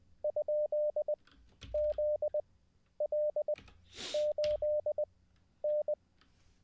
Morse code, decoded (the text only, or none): ?ZL8N